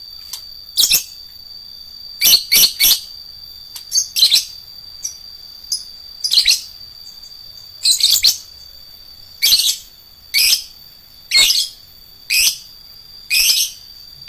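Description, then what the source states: Lovebird calls: harsh, high chirps in short bursts, some doubled or tripled, spaced about a second apart. Adult fighter-type lovebird.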